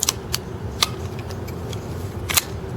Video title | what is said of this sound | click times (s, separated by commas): TSD M1911, 450+FPS accuracy test | and then that just clicks in place | 2.4 s